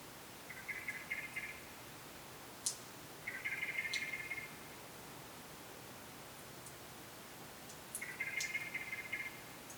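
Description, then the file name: Common blackbird repeating a short, rasping, buzzy call three times at uneven intervals, with scattered sharp clicks in between. "Turdus merula"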